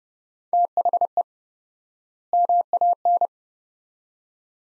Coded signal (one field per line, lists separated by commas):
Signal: Morse code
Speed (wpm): 30 wpm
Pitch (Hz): 700 Hz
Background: none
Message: THE MAN